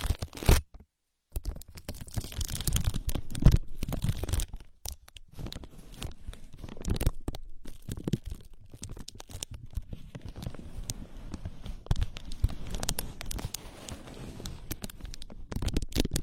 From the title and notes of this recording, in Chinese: 无人声按摩耳朵（声控助眠）。